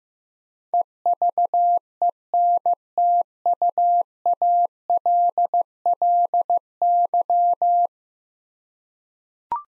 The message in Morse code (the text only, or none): EVENTUALLY